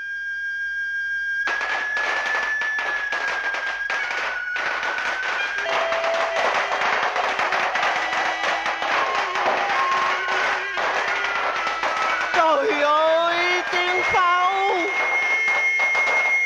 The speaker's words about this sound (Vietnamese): Trời ơi, tiếng pháo du quy đã bắt đầu rộn nổ phía loan phòng